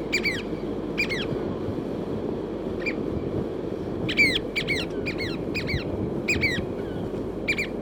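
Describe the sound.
Chatham Island oystercatcher calling repeated shrill piping notes, sparse at first, then a steady run of calls, over steady low background noise.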